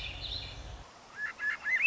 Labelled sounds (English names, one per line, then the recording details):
Swainson's Thrush
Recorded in Sonoma County, California